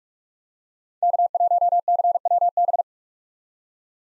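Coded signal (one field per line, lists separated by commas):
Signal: Morse code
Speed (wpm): 45 wpm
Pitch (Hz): 700 Hz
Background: none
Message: K1CWB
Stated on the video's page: Morse practice at 45wpm sending common POTA hunter callsigns, each sent, spoken, then sent again.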